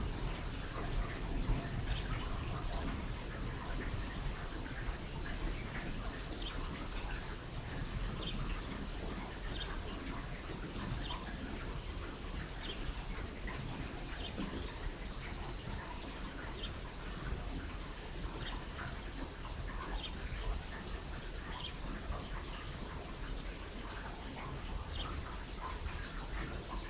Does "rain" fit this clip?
yes